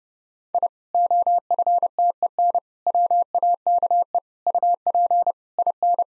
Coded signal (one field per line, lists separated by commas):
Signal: Morse code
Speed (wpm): 30 wpm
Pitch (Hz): 700 Hz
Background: none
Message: I OFTEN WAKE UP IN